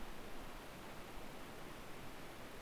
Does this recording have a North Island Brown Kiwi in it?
no